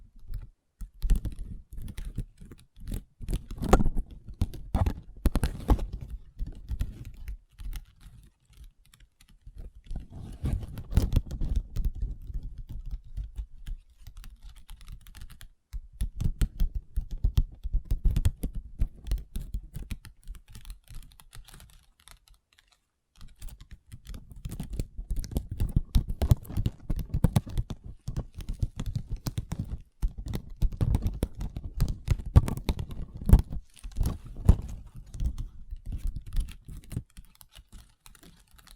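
Long fingernails tap and scratch on a tabletop in quick, dense bursts of clicking, like rapid typing. Activity comes in stretches separated by short quiet gaps near 9, 15 and 22 seconds, with a busier run from about 23 seconds to the end.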